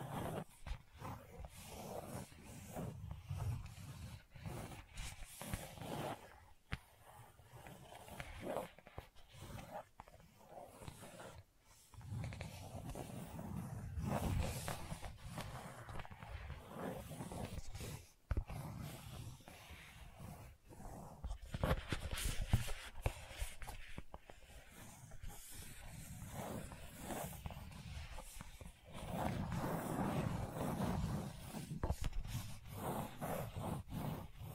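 Gentle scratching goes on almost without a break, a dense, soft rasping made of quick irregular strokes. It is mostly low and muffled, with brighter flicks now and then. Brief pauses fall near 7, 12 and 18 seconds, and fuller stretches build around 13–17 and 28–32 seconds.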